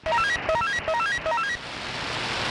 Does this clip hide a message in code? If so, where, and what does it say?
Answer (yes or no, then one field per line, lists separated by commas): no